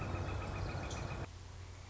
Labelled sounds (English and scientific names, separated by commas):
Northern Flicker (Colaptes auratus)